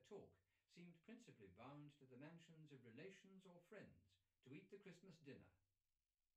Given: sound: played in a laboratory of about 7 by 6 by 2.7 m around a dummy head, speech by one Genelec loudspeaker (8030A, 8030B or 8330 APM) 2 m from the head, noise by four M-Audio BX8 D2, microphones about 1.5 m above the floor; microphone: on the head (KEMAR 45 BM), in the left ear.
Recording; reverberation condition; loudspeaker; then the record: male speech in English; low; 120 degrees to the right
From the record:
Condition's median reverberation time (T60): about 310 ms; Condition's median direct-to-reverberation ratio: about 3.5 dB